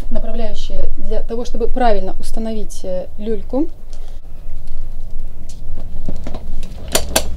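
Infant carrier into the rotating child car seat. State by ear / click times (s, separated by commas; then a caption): seated / 6.9 s, 7.2 s. An infant carrier is lowered and pushed into the mounting points of a Recaro Zero.1 Elite rotating child car seat while someone talks. After the talking, there are a few soft knocks and handling sounds, then two loud, sharp latch clicks at about 7.0 and 7.2 seconds. The carrier locks in place and the green indicators confirm it is installed correctly.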